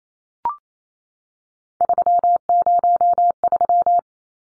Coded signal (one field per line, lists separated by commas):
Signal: Morse code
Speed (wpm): 28 wpm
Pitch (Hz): 700 Hz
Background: none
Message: 303